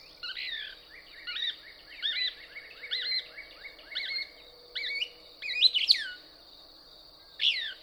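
Couch's Kingbird song: quick series of short, sharp downslurred chips repeated about once a second, then excited squeaky twitters and one last note, with a constant high-pitched drone behind.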